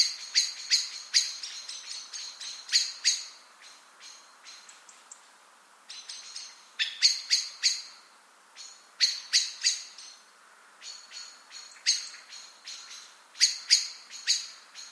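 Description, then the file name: Eurasian blackbird calls: quick runs of sharp chink notes in clustered bursts, with brief pauses between the runs. "Turdus merula"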